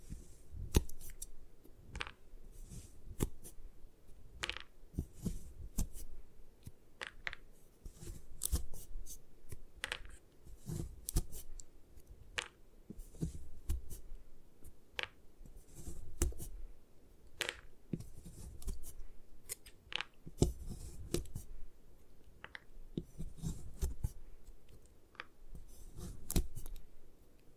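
A block of gym chalk being crushed and broken apart, with sharp crunching snaps and crackles arriving irregularly throughout. Between the louder cracks there is a steady low grinding and crumbling, and the pace of the breaking stays busy from start to finish.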